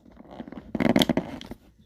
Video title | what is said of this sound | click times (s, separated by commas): Glock 26 Magazine options | If you heard it, it click. | 1.0 s